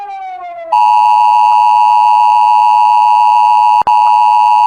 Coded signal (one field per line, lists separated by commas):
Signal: Emergency Alert System (SAME) tones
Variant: 853 and 960 Hz attention tone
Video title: Rating EAS Alarms part 2 (Finale)